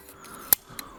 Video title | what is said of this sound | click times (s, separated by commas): ANTHBOT Genie 600, Super Smart Chinese AI Robot Lawn Mower - 1485 | uh connection type where it just clicks into place | 0.5 s